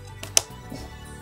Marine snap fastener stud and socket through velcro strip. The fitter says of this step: i'm snapped into place i'm going to worry about this side later okay